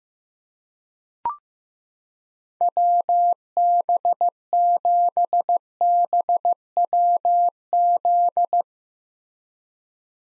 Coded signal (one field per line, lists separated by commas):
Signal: Morse code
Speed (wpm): 15 wpm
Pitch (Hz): 700 Hz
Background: none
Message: WB7BWZ